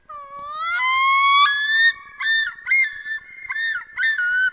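Common Loon calling, a long rising wail sliding upward, then a run of quavering broken notes repeated several times in quick succession.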